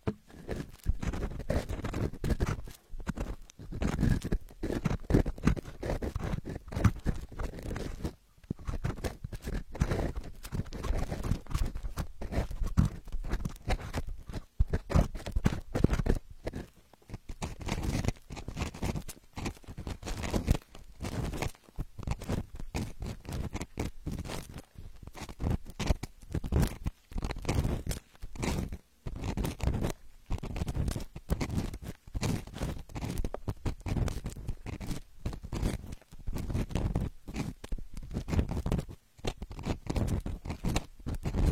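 Ear cleaning, heard as a steady stream of rapid scratchy, crackling rustles that run almost without pause for the whole clip. The strokes come in quick, uneven bursts, with brief quiet gaps around 8, 15, 21 and 29 seconds.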